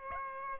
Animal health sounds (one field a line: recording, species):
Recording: mosquito wingbeat signal from an infrared sensor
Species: Aedes aegypti